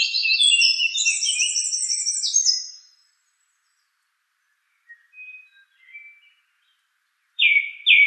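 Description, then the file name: Song thrush giving a rich, high warbled phrase, then faint soft notes after a pause and two sharp notes at the end. "suara-kicauan-burung-song-thrush 7-omkicau"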